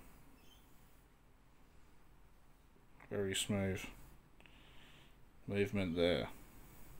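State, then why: Not seated. A pulled-out crown on a limited-edition Bausele Airfield Caribou RAAF 100 Year Centenary watch is being handled and pushed back toward its watch case over a quiet background. Someone talks around 3.1–3.9 s and 5.5–6.3 s, with two tiny faint ticks near 4.4 s. The crown has not clicked home yet; nothing has seated.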